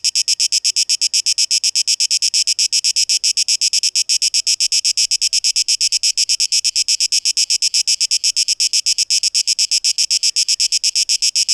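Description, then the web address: Cicada buzz, a high, grating trill of quick, tightly spaced pulses running without pause. Recorded 12 August 2023. "rauschpartikel 2023-08-12 Zikaden"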